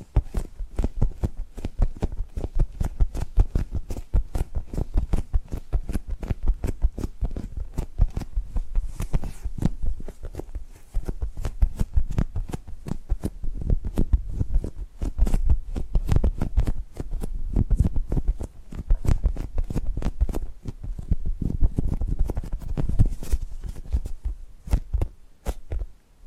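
Tapping and gripping sounds run densely throughout, a quick irregular patter of sharp clicks and taps with a soft rustling, card-like texture underneath. The pace stays busy for the whole stretch, with slightly fuller, louder bursts around the middle and near the twenty-second mark.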